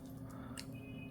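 A small locking clip is fitted onto the latch mechanism while a door handle latch is being reassembled. Over a steady low background hum, a single short, sharp click is heard at 0.6 s. The clip snaps on and is seated.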